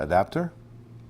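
A lens mount adapter is handled and lined up against a camera body while someone talks briefly. A short sharp sound comes right at the end, around 1.1 s. Nothing has seated or clicked yet.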